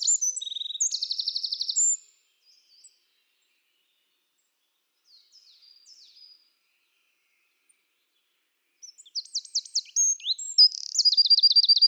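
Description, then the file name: Eurasian wren singing: a fast high trill ends one burst, a few faint notes follow, then a long quiet gap before a new energetic phrase of rapid trills begins. "Troglodyte"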